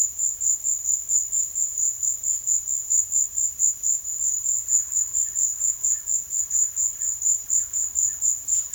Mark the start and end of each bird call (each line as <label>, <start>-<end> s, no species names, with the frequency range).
bird call (0.8-3.0 kHz), 4.66-8.74 s